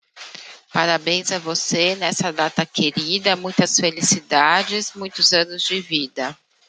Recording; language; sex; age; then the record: short text; Brazilian Portuguese; female; 30 to 39 years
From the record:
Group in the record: control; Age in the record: 37 years